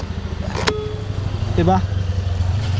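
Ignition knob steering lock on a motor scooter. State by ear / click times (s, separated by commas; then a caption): seated / 0.7 s. On a Honda Click 125 V3 motor scooter, the ignition/key knob is pushed in to engage the steering lock, giving a few clicks over a steady low hum. The loudest, sharp click at 0.7 s is the lock engaging, and the steering lock is confirmed seated. Someone talks briefly afterward.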